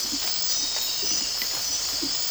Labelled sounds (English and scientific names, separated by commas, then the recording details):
none
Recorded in dense forest near Puerto Asís, Putumayo, Colombia, on 8 March 2025 at 02:00
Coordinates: 0.467, -76.328
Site G041